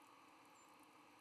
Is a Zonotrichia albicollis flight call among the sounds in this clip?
no